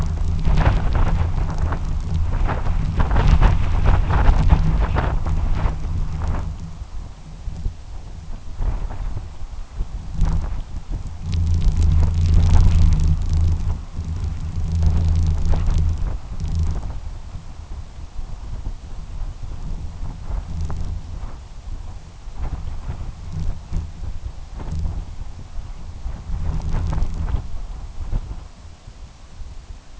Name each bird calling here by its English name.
none